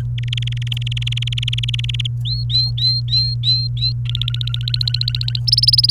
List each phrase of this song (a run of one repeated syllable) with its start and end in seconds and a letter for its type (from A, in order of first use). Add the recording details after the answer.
0.18-2.07 A, 2.25-3.92 B, 4.05-5.40 C, 5.47-5.91 D. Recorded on 29 April 2018 at 10:58. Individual llb3